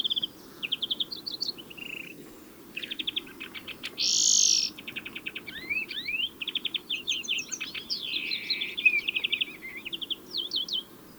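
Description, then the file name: European greenfinch mixing quick trills, twanging chirps and one loud harsh wheeze, the phrases running almost continuously. "Chloris chloris"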